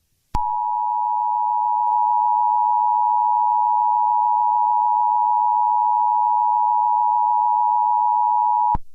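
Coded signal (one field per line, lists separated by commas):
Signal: Emergency Alert System (SAME) tones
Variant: 853 and 960 Hz attention tone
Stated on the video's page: Fictional tornado EAS scenario, not a real alert.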